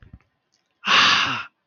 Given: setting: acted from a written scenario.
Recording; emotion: vocal sound without words; negative surprise